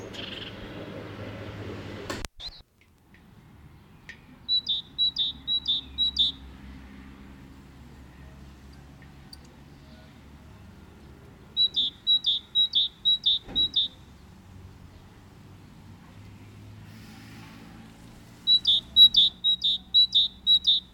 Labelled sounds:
Great Tit (Parus major) song

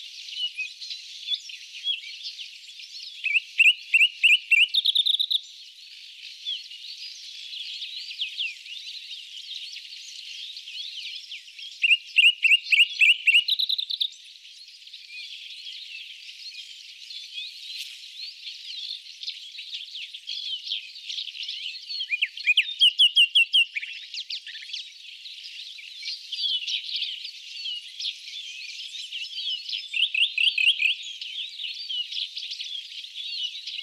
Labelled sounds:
Common Nightingale (Luscinia megarhynchos) song

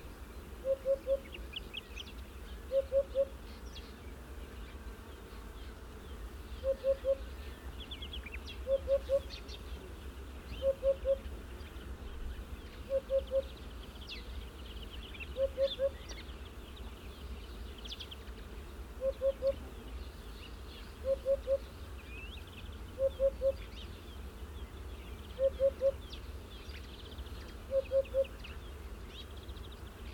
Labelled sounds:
Eurasian Hoopoe (Upupa epops) call

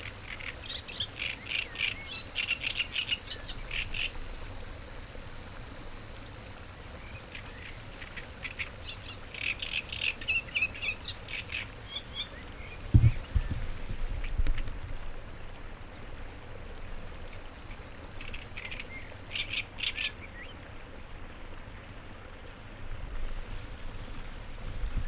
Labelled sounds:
Great Reed Warbler (Acrocephalus arundinaceus) song

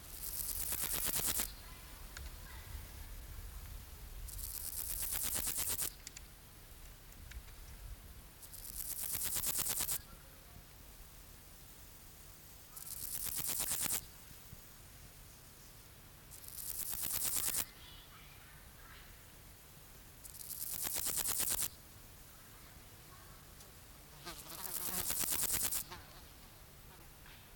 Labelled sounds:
Meadow Grasshopper (Chorthippus parallelus) stridulation

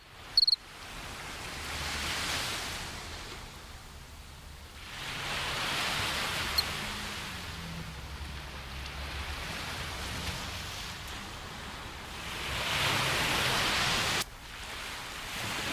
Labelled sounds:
Two-spotted Cricket (Gryllus bimaculatus) stridulation

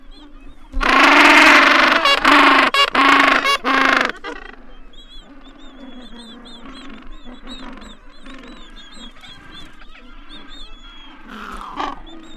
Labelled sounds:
Gentoo Penguin (Pygoscelis papua) call

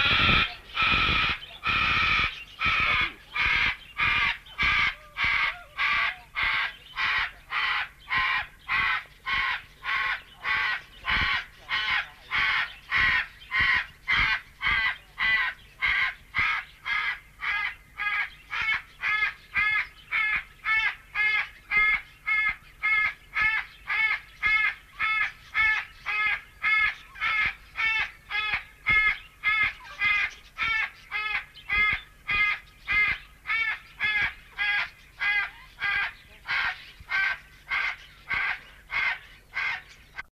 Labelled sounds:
White Cockatoo (Cacatua alba) call

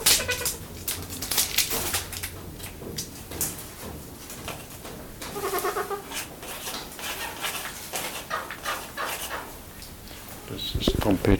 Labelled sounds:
Trumpeter Hornbill (Bycanistes bucinator) call

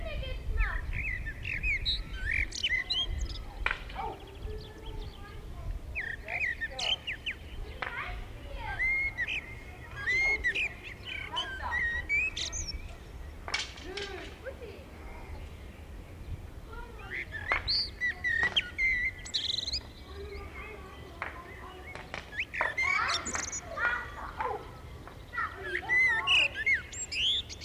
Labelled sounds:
Common Blackbird (Turdus merula) song

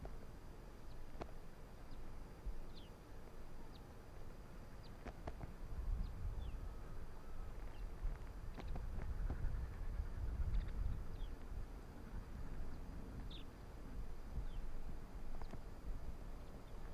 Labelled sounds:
Arctic Fox (Vulpes lagopus)

